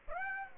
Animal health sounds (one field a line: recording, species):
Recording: mosquito wingbeat signal from an infrared sensor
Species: Aedes aegypti